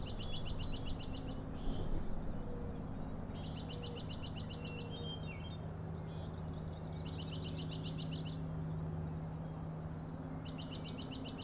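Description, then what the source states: Common nighthawk rattles: repeated bursts of rapid high clicking trills above a steady low hum. Three birds flying in a close follow-the-leader formation near and around the recordist at Schoodic Head overlook, Acadia National Park, Winter Harbor, Maine; 4am, dated 061617; rattling noise.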